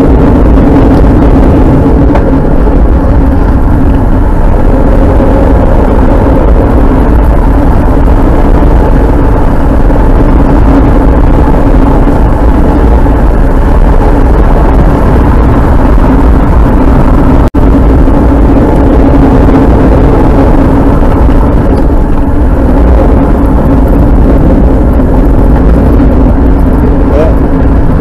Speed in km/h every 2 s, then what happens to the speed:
29, 18, 44, 53, 52, 57, 62, 58, 47, 42, 40, 39, 36, 40.
2-6 speeds up to 53. 9-12 speeds up to 62. 12-17 brakes to 42. 17-25 steady at about 39.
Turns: 8-20.